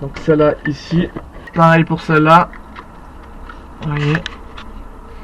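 Someone talks while handling the plastic retaining clip on the upper coolant hose connection at the thermostat housing of a Seat Leon 1L9 TDI 150 during a thermostat change. Faint short taps are heard in the quieter stretch after the talking. Nothing has seated or clicked yet.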